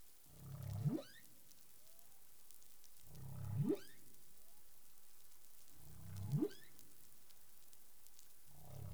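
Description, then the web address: Humpback whale calls, low rumbling units sweeping sharply upward to a higher tone, repeated about every two and a half seconds, with faint crackling underwater background. 20 April 2021, 03:32 UTC. "CARIMAM. humpback whale"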